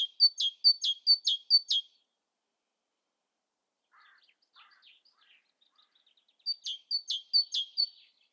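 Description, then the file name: Great tit giving two bursts of its two-part whistled phrase, each repeated several times, separated by a pause with soft scattered lower chirps. "Parus major"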